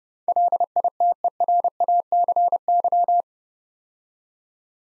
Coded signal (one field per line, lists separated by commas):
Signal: Morse code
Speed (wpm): 30 wpm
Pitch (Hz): 700 Hz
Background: none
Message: LITERACY